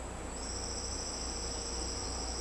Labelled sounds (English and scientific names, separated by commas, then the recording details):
none
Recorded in secondary vegetation near Puerto Asís, Putumayo, Colombia, on 16 December 2024 at 09:00
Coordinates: 0.502, -76.326
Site G028